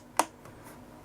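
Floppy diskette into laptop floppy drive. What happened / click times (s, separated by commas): The diskette latched into the drive / 0.2 s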